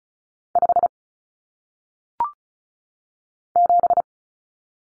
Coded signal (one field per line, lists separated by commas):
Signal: Morse code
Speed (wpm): 36 wpm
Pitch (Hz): 700 Hz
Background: none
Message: 5 7